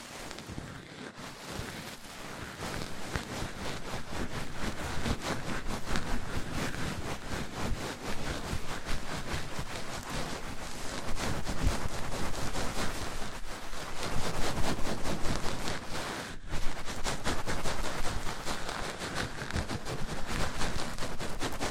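One microphone rubbed and tapped against another makes a dense, fast crackle of scratchy bumps that barely lets up. It starts soft, swells within the first couple of seconds, and holds steady, with brief breaks near one second and again around sixteen seconds.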